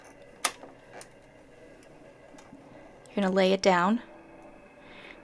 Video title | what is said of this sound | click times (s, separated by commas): How to thread the Baby Lock Acclaim serger with step-by-step instructions | you go through this first channel make sure that you hear the click | 0.4 s